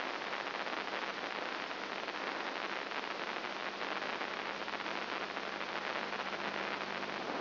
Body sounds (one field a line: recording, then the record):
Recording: brain microelectrode recording played as sound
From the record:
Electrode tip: inside the subthalamic nucleus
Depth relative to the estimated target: -5 mm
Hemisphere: left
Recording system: AlphaMap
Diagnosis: Parkinson's disease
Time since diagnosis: 7 years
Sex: female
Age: 55 years